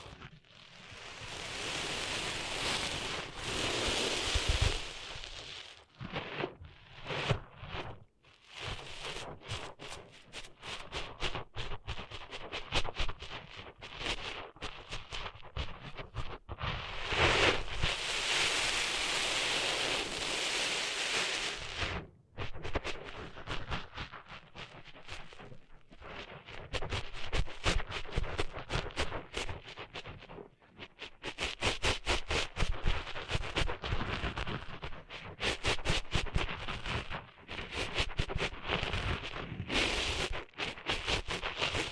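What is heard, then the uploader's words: Sand being cleaned out of ears makes a steady stream of gritty scratching, rustling and crackling. Louder hissing rushes come early and again from about 17 to 22 seconds, and the rest breaks into irregular clicks, taps and short scrapes with brief quiet gaps. ASMR Cleaning Sand Out of Your Ears (No Talking).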